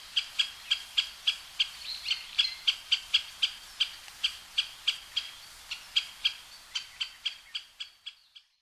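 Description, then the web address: Great spotted woodpecker giving sharp, high, clipped call notes about three to four times a second for eight seconds, slightly irregular, fading toward the end; no other sounds. Recorded on Sado island, Japan, on 19 June 2009. "koe akagera 090619 osado mju"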